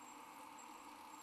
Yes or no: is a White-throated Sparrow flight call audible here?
no